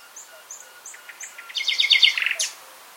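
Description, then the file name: Common nightingale singing: four spaced high whistled notes, then a loud buzzy rattling trill and a sharp high note to finish. "Luscinia megarhynchos"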